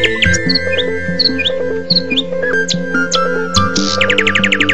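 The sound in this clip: Bird sounds: short chirps repeated over electronic music, ending in a rapid series of downslurred notes.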